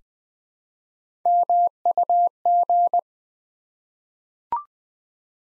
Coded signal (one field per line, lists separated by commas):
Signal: Morse code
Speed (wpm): 20 wpm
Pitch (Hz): 700 Hz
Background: none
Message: MUG